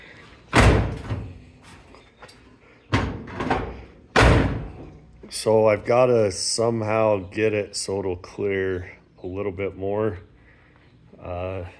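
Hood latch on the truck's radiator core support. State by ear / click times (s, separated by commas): not seated / none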